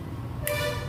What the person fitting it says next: லாக்கான ஒரு சவுண்ட் கேட்கும் டக்குன்னு அவ்வளவுதான் முடிஞ்சது